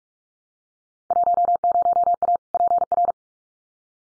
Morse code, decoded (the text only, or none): 10A PR